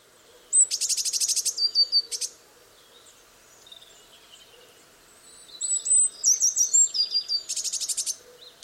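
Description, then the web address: Eurasian blue tit sings two phrases of high thin notes and rapid buzzy trills, separated by a pause, over a steady low background hiss. "cianscape. Deverinetal"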